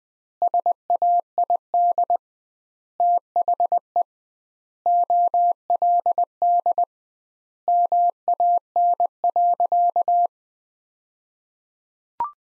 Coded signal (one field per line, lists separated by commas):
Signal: Morse code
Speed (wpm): 20 wpm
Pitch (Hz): 700 Hz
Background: none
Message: SAID THE OLD MAN.